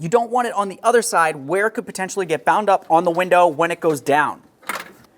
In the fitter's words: reconnect in your electrical connector listen for a click make sure it's secure